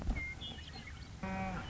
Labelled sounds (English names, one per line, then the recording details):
Western Meadowlark
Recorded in Sonoma County, California